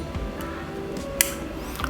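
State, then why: Seated. A part of a plastic action figure is pushed into its locking slot on the figure body during transformation, and a sharp click at 1.2 seconds shows it has locked into place. A few softer ticks follow near the end.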